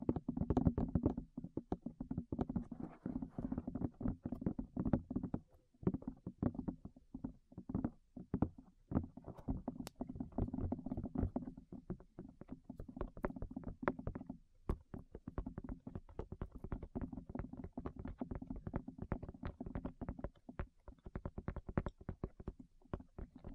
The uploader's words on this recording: ASMR Tap Your Ears 3Dio (No Talking).